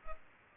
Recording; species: mosquito wingbeat signal from an infrared sensor; Culex pipiens